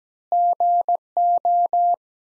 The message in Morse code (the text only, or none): GO